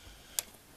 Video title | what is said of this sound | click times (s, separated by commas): Sonoma 2002 ABS Repair ~ Splicing The ABS Control Wire ~ by Old Sneelock's Workshop | snapped in place | 0.4 s